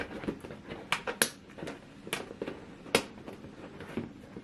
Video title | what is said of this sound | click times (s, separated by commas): Ultimate Shoe Storage Hacks: How to Assemble SEE SPRING Large 12 Pack Box | and you'll hear clicking noises once they're snapped into place okay so | 0.9 s, 1.2 s, 2.1 s, 3.0 s